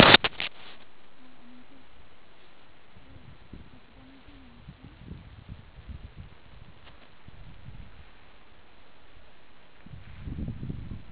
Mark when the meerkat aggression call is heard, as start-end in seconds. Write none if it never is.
none